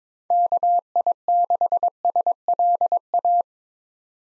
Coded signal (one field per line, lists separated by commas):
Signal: Morse code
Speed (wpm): 22 wpm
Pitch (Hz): 700 Hz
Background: none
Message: KI6SLA